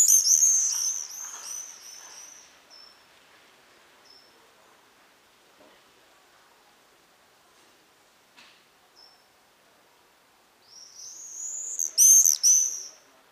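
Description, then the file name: Common swift screaming calls, shrill buzzy trilled screams in a dense burst at the start, a long near-silent gap, then another loud screaming burst near the end. "Mauersegler"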